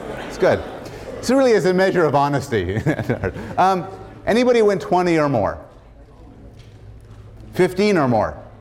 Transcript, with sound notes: That's good. So, it really is a measure of honesty. [laughs] Anybody win twenty or more? Fifteen or more.